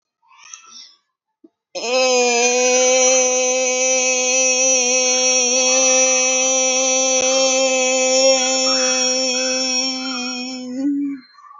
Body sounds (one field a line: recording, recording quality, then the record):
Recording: sustained vowel as in made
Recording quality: excellent, no background noise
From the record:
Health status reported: healthy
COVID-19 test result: negative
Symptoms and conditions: cough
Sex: female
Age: 29 years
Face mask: not worn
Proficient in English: yes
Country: India